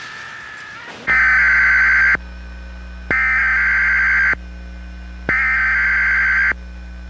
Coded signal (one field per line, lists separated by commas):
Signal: Emergency Alert System (SAME) tones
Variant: header bursts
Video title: EAS Test During Spongebob, August 13th 2005